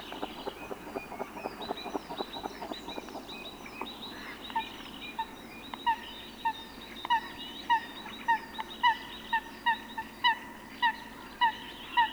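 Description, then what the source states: Eurasian Coot calls: first a dense patter of quick clicking notes, then clear, clipped single calls repeated at a steady pace toward the end. Field recording from Sweden.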